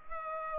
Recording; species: mosquito wingbeat signal from an infrared sensor; Culex pipiens